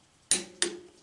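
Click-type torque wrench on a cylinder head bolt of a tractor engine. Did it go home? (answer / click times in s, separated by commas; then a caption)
yes / 0.3 s. A click-type torque wrench pulls a cylinder head bolt to 50 on the steel head of a Farmall Super M tractor engine. A loud, sharp click rings out at 0.3 s, followed by a second similar sharp hit at about 0.6 s, each with a short metallic ring. The wrench clicks at its setting, confirming the bolt has reached torque.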